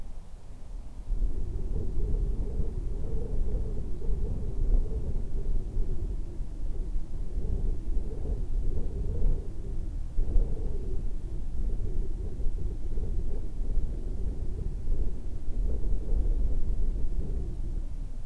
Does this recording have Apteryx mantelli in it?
no